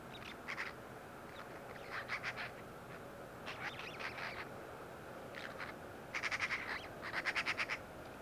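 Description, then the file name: Eurasian magpie chattering: harsh, rapid rattles of clipped notes in short bursts, repeated every second or two, over steady background noise. "Pica pica"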